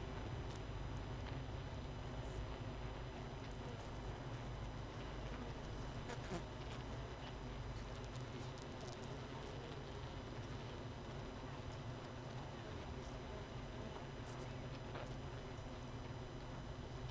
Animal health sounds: honeybee colony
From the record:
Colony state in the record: missing queen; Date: 31 May 2018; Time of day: 18:27

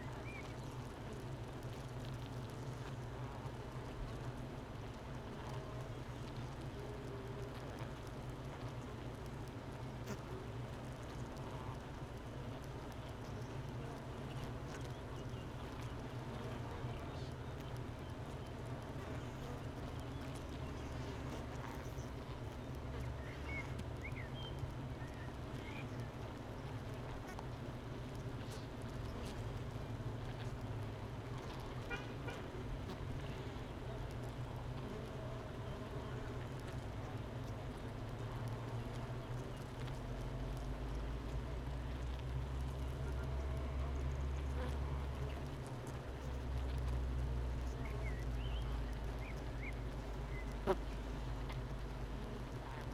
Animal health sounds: honeybee colony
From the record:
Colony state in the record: missing queen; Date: 31 May 2018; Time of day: 9:12

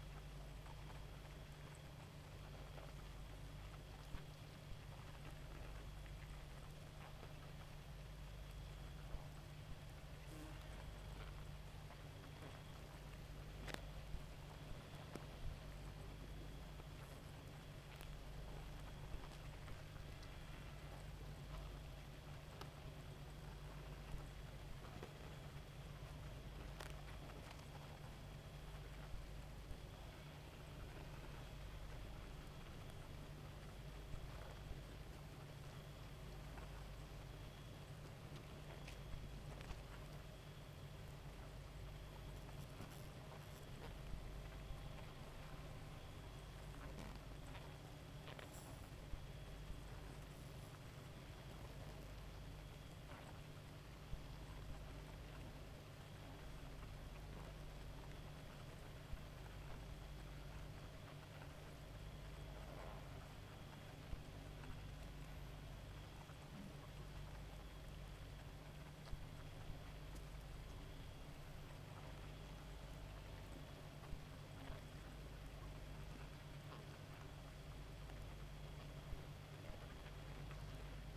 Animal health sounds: honeybee colony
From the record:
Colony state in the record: active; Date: 28 July 2017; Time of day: 2:03

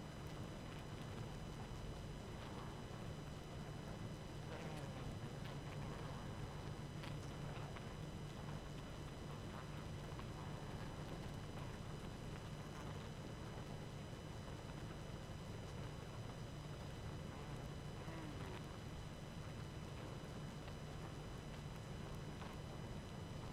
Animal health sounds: honeybee colony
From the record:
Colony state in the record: active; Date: 12 June 2018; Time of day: 19:37

